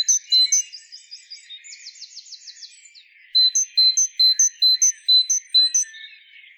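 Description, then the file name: Great tit calls: a quick run of several bright two-part notes, high then lower, after a jumble of buzzy and trilled notes. "Parus major"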